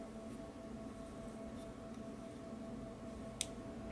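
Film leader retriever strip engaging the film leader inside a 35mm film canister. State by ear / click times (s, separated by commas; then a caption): seated / 3.4 s. A 35mm film canister is rotated again counterclockwise inside a Matin film leader retriever over a steady low hum. At 3.4 s the retriever strip gives a single light, sharp click as it catches the film leader inside the canister, confirming it has engaged.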